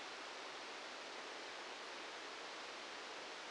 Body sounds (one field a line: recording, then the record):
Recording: brain microelectrode recording played as sound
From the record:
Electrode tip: outside the subthalamic nucleus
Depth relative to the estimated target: -6 mm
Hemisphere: right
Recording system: NeuroSet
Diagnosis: Parkinson's disease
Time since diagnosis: 13 years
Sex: male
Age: 63 years